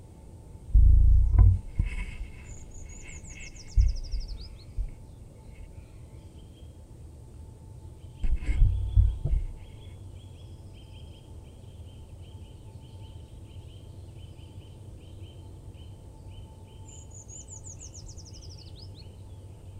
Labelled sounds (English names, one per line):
Eurasian Treecreeper